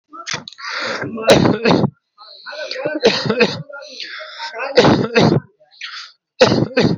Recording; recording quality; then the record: shallow voluntary cough; moderate, slight background noise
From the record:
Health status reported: healthy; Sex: male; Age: 20 years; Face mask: not worn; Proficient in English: yes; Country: India